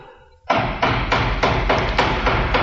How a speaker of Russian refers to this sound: Ай, кого-то черти принесли. Кто там? Кто стучит?